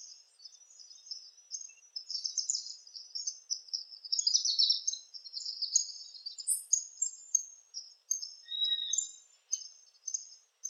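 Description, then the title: Palm tanager calls, a steady high squeaky chatter of twittering notes through the whole stretch. "Sanhaçu-do-coqueiro (Tangara palmarum)"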